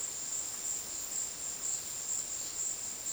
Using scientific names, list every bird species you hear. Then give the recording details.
none. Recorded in dense forest near Puerto Asís, Putumayo, Colombia, on 20 February 2024 at 15:30. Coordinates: 0.466, -76.327. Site G6413